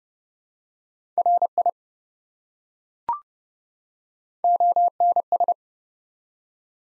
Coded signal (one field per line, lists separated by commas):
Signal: Morse code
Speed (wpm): 30 wpm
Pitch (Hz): 700 Hz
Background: none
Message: RI ONS